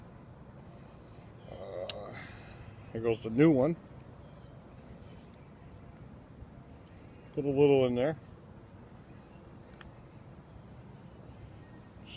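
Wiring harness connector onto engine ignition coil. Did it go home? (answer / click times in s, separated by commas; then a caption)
yes / 9.8 s. On a 2000 BMW 528i being repaired for a cylinder 2 misfire and P0340 cam position sensor fault, a plastic wiring harness connector is slid back onto a new engine ignition coil after a little grease is put in. Someone talks in two short bursts, and a faint, sharp click at 9.8 s marks the connector seating onto the coil.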